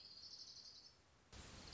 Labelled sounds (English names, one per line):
Orange-crowned Warbler